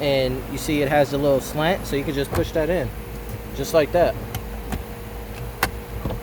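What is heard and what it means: A slanted plastic cabin air filter cover on a 2016 Dodge Journey is lifted and pushed into the filter housing behind the glovebox after a new cabin filter goes in, while someone talks. A small tap sounds around 4.7 s, then a sharp click at 5.6 s as the cover seats, confirming the install is finished.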